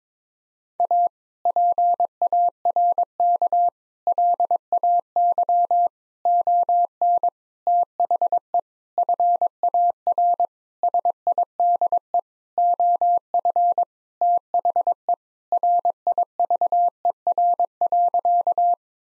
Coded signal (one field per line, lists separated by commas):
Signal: Morse code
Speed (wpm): 22 wpm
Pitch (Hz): 700 Hz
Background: none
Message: A PARK LAY ON THE FAR SIDE OF THE RIVER.